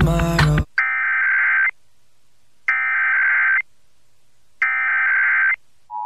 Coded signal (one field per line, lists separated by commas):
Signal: Emergency Alert System (SAME) tones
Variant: header bursts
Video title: 12/1/22 MA Amber Alert On WHYA-FM (Rare) EAS#284